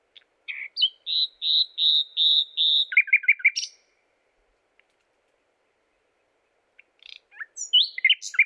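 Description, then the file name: Common nightingale song: a phrase of about six loud whistled notes on one pitch, then a fast lower stuttering trill, a pause of about three seconds, and a new varied phrase. "Luscinia megarhynchos"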